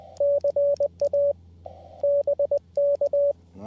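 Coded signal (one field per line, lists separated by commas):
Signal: Morse code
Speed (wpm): 20 wpm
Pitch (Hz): 570 Hz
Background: radio noise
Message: CA BK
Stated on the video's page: QRP CW SOTA summit activation on an mcHF QRP radio with paddle key and 15/17/20 m linked dipole, around 14.063, 18.080 and 21.063 MHz.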